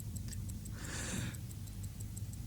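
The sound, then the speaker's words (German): A wristwatch that has gone haywire ticks in a quick, steady rhythm of sharp, bright clicks over a low droning hum, with a brief hissing swell partway through, inside an elevator. “eingesperrt in diesem verrückt gewordenen Fahrstuhl mit meiner verrückt gewordenen Armbanduhr.”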